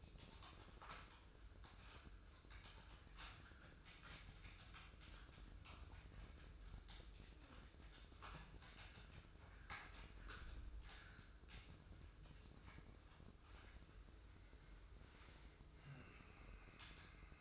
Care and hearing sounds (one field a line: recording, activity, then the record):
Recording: daily activity, microphone in the room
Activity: typing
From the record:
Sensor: 2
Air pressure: 995.1 hPa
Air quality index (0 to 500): 64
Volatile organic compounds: 2 ppm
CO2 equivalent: 1090 ppm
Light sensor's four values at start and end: 18/61/23/24 and 18/61/23/24